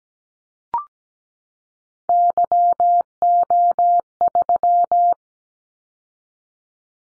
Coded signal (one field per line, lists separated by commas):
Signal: Morse code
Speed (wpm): 17 wpm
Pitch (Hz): 700 Hz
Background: none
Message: YO3